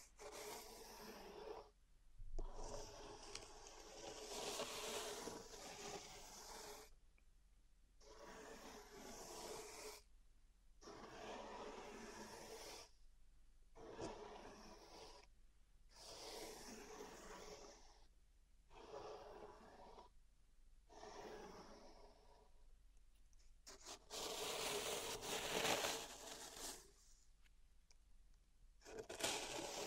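Pink salt in a zen garden is raked and rubbed in repeated gritty, hissing strokes, each lasting a second or two. Short silent gaps separate the strokes, which come every few seconds with a steady rhythm. A louder, rougher pass comes near 25 seconds.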